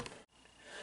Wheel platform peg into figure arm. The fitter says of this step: and then you peg in its platform like so with a nice satisfying click